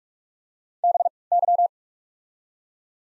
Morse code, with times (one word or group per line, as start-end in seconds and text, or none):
0.8-1.1 B
1.3-1.7 Y